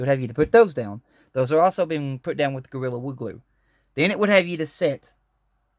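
A deckhouse piece from a Titanic ship model kit is being handled before it is pressed down onto the deck, where it will snap into place. Someone talks throughout, with short pauses and no distinct handling sounds. Nothing has seated or clicked yet.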